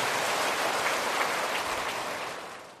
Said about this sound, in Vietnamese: Xin quý vị hãy dành những tràng pháo tay và cùng lắng nghe.